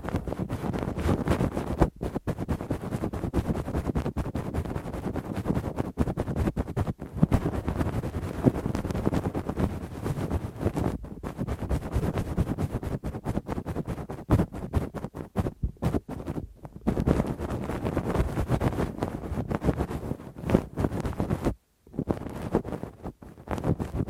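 Deep, rough ear cleaning with a Q-tip and ear pick: a dense, continuous scraping and rubbing that stays heavy in the low and middle range. Brief dropouts break it up throughout, with one clear pause around twenty-one seconds before the scratching resumes.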